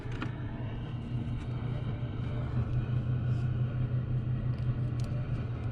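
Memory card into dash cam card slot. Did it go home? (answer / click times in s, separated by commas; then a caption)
yes / 5.0 s. A microSD card is pushed into the card slot of a plastic ANKEWAY K1 dash cam over a steady low vehicle rumble. It clicks and latches into place at 5.0 s. The card is seated.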